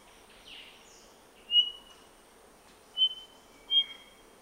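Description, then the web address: Whistler whistles three thin, level notes spaced over a few seconds, each short and clear, with a soft faint note beforehand and light background hiss. Papua New Guinea. "pngbirds Pach Simp"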